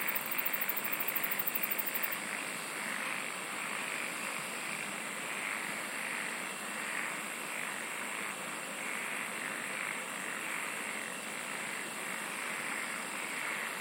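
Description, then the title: Insects sing as an unbroken chorus; a high-pitched rapid pulsed trill opens the first two seconds over a steady throbbing drone. "SINGING OF INSECTS"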